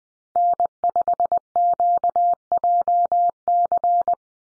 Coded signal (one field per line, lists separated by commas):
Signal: Morse code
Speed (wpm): 20 wpm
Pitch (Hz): 700 Hz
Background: none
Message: N5QJC